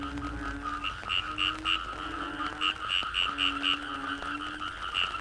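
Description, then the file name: Frogs giving bright repeated chirping pips several per second, with long low moaning croaks and a background trill. Frogs in the Cherating wetlands, Malaysia. "yamaha frogs cherating wetlands"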